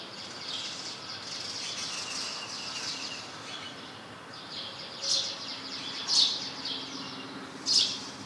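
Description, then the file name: House sparrow chirps: three sharp, high chirps near the end, after a hissy stretch of high sound. "Passer domesticus"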